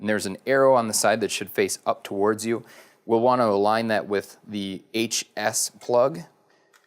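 Someone talks while the plastic plug of a VertDesk v3 programmable switch cable is lined up, arrow side facing up, with the HS port on the desk control box to be pushed in. Nothing has seated or clicked yet.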